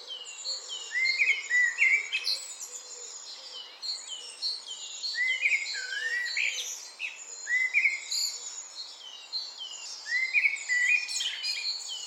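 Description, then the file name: Eurasian blackbird song: fluted warbling phrases repeated every few seconds, overlaid by dense high twittering from other birds. "Turdus merula"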